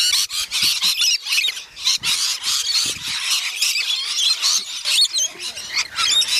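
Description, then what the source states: Birds chattering in a dense, continuous flock of high squeaky and squealing calls, overlapping throughout with brief dips in loudness. Recorded in Arizona.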